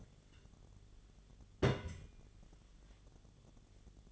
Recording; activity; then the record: daily activity, microphone in the room; place on stove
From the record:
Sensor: 4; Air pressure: 1010.9 hPa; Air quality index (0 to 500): 167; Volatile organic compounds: 4 ppm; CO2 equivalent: 1703 ppm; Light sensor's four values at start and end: 41/117/47/48 and 41/116/46/48